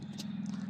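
The yellow plastic lock tabs on the clock spring and airbag connectors of a Subaru BRZ Premium are pushed down by hand during a fog light install. Two short, sharp clicks land at 0.2 s and 0.5 s over a steady low hum, and the connectors are locked and seated.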